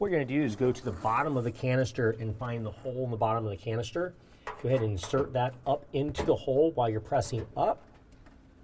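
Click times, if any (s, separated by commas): 8.1 s, 8.3 s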